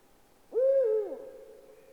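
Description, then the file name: Eurasian eagle-owl with one brief, low, mellow hoot that rises slightly and dips at the end, leaving a faint sustained tone behind it. "puchacz zwyczajny Bubo bubo"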